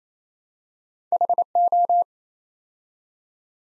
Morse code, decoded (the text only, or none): HO